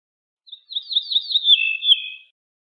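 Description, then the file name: Ortolan bunting song: a string of slurred notes sliding slightly lower through the phrase, ending in a short sustained tone, in a clean silent background. "suara kicauan ortolan"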